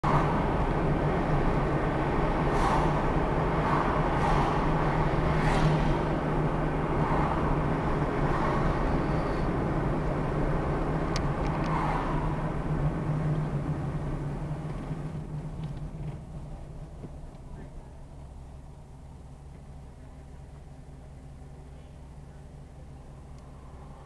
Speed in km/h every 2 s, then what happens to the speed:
40, 39, 37, 35, 32, 24, 18, 6, 0, 0, 0, 0.
0-15 slows to 0. 15-24 standing.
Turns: none.